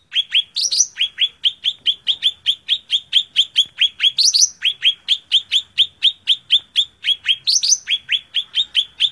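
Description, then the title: Greater green leafbird song: a long, even run of fast, clipped chirps, broken three times by brief higher rising flourishes. Tutor song (masteran) for training other birds of the same kind. "Suara Burung Cucak Ijo"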